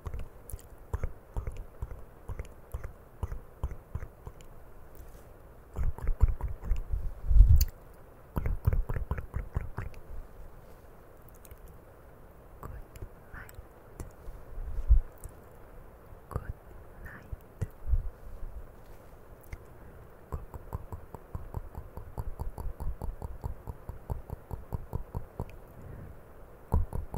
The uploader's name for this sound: CAMERA TOUCHING E MOUTH SOUNDS